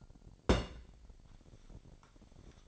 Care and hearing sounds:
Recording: daily activity, microphone in the room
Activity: place on stove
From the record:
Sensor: 5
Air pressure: 1012.1 hPa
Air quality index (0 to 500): 232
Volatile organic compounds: 4 ppm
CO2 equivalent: 1543 ppm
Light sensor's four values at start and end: 44/99/42/45 and 46/102/44/47

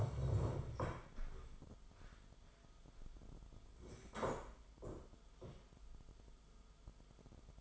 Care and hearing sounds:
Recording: daily activity, microphone in the room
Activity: stand up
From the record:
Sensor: 5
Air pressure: 1005.4 hPa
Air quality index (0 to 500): 106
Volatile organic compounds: 2 ppm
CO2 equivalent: 1297 ppm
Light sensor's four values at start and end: 34/79/31/30 and 34/78/31/30

